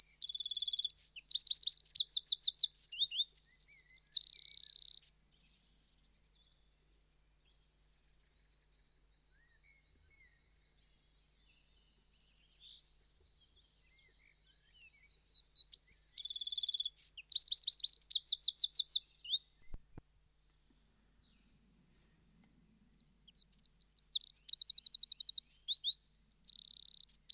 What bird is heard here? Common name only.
Eurasian Wren